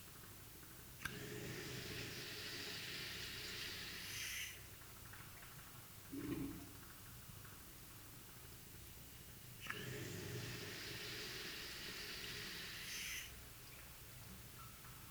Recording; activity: daily activity, guitar pickup as the sensor; flush